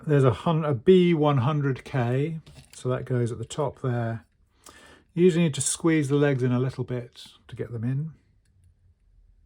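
Someone talks while handling a B 100K potentiometer, squeezing its legs in slightly so they fit the holes at the top of a synth module circuit board. Nothing has seated or clicked into the board yet.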